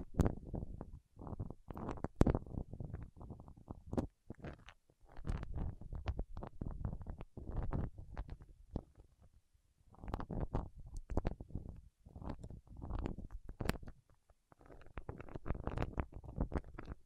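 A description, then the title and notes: Fingertips working in wax make soft, squishy, low rubbing sounds in uneven bursts, with sticky clicks and pops snapping out between them. The handling comes in irregular clusters of a second or two, separated by short pauses of near silence. ASMR with Wax Fingertips for Sleep (No Talking).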